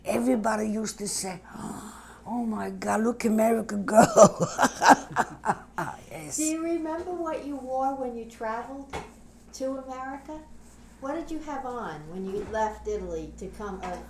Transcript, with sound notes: Everybody used to say, "Oh, my, my God, look, American girls." ( she laughs )
Do you remember what you wore when you traveled to America? What did you have on when you left Italy to come?